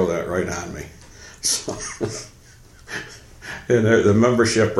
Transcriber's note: chuckle